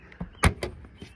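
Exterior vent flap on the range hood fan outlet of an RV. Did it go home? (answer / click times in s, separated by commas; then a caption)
released / 0.4 s. On the outside wall of a 2022 Salem Hemisphere 24RLHL RV, the small flap covering the stovetop range hood fan vent outlet is opened by hand so the fan can be used. After a few faint taps, the flap pops open with one sharp snap at 0.4 s, followed by a softer knock at 0.6 s. The flap is released and stands open.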